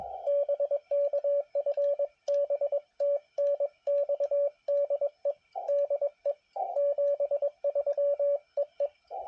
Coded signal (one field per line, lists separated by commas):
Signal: Morse code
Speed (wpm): 21 wpm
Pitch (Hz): 570 Hz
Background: radio noise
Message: BK FB TNX DE DE 73 EE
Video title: POTA Activation at Uinta National Forest